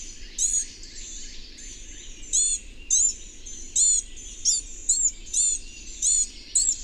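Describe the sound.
Bird giving high chirps at irregular intervals, starting sparse and then coming faster, over faint hiss.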